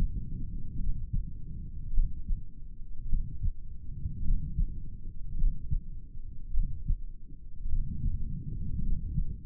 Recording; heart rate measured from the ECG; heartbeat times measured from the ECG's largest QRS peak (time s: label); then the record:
heart sounds by stethoscope; 52 bpm
0.80 s: heartbeat
1.94 s: heartbeat
3.09 s: heartbeat
4.24 s: heartbeat
5.38 s: heartbeat
6.54 s: heartbeat
7.69 s: heartbeat
8.83 s: heartbeat
From the record:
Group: heart failure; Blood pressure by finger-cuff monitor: 91/41 mmHg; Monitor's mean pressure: 53 mmHg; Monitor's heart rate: 52 bpm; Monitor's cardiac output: 4.6 L/min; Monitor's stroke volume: 88 mL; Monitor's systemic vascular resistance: 790 dyn s/cm5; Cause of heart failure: cardiac sarcoid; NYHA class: 1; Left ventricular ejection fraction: 39%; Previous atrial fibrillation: present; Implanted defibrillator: present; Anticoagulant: apixaban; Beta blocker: carvedilol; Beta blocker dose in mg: 50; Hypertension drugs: ramipril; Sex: male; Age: 79 years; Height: 184 cm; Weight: 92.5 kg